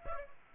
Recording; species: mosquito wingbeat signal from an infrared sensor; Aedes aegypti